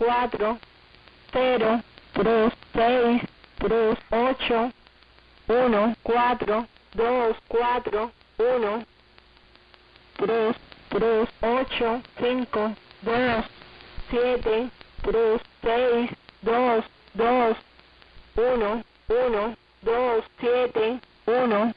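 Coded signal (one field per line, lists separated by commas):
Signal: numbers station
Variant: HM01, Spanish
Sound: female-like voice reading about 25 Spanish digits at an even, steady pace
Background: radio static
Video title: 11 10 2022 Numbers HM01 Cuban Spy in Spanish 1700 &1705 on 11435 & 11530 Bejucal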